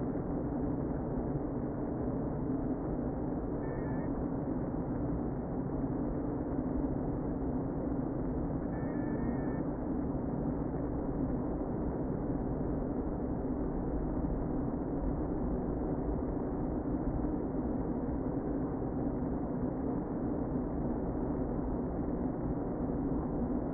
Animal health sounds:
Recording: honeybee colony, microphone inside the hive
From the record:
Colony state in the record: queen present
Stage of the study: before two queens were removed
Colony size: about 60,000 bees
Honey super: yes

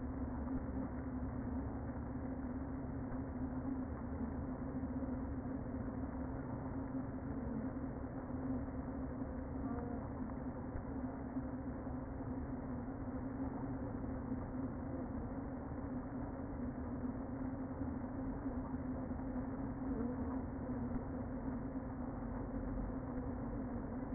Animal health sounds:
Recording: honeybee colony, microphone inside the hive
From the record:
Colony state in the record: queen present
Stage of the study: before two queens were removed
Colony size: about 60,000 bees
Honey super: yes

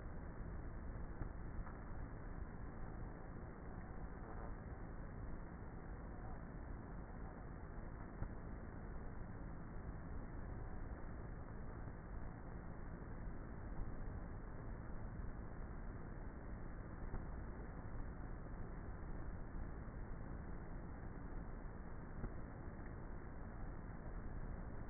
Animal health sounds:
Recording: honeybee colony, microphone inside the hive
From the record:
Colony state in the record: queenless with a low population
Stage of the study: before two queens were removed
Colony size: about 30,000 bees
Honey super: no

